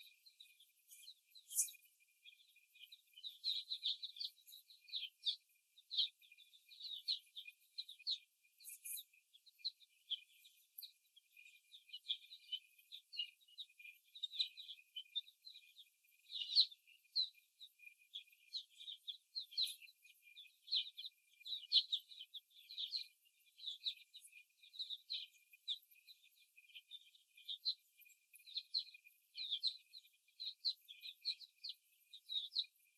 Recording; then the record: young laying hens in a cage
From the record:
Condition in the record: before the stressor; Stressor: simulated dog barking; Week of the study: 1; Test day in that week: 2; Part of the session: 4